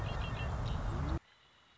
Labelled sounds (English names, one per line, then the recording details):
Red-winged Blackbird
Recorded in Sonoma County, California